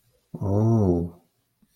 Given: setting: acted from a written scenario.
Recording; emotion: vocal sound without words; desire